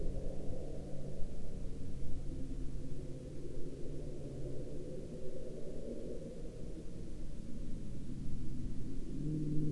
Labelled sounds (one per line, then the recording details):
aircraft
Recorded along the Dempster Highway, Canada, on 23 March 2020 at 10:01
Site 17